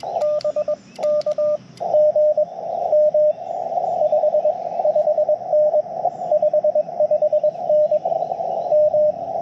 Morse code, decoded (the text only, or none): BK GM 55N 55N M